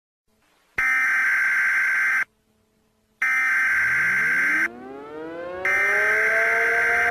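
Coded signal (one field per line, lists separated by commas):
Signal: Emergency Alert System (SAME) tones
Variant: header bursts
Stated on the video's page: Fictional EAS scenario based on a game.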